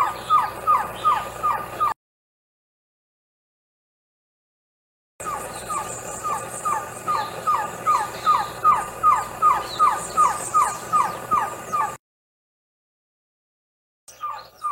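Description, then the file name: Green-backed trogon song: a steady series of short, down-slurred mellow notes, about two and a half per second. "canto do surucua de barriga amarela"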